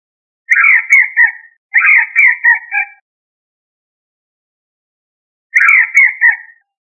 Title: manok ostrali